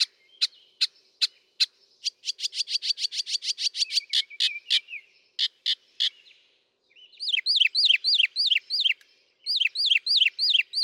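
Northern mockingbird song: sharp clicks speeding into a fast rattle, then a short pause and a downslurred chirp repeated rapidly in two runs.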